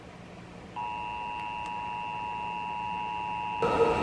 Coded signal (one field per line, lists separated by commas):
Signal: Emergency Alert System (SAME) tones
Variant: 853 and 960 Hz attention tone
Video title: The Last NOAA Weather Radio Required Weekly Test for the Year 2020 (EAS #2068-2073)